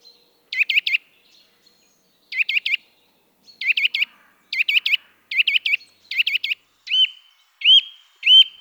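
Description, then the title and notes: Eurasian nuthatch calls in tight triplets of up-flicked whistled notes, repeated every second or so, then three single notes to finish; otherwise quiet. Sedentary bird heard during mild winter weather, giving contact calls followed by song in this sequence; common in forests, parks and small woods; recorded with various equipment. "Sonothèque naturophonia. La Sittelle torche-pot (Sitta europaea)"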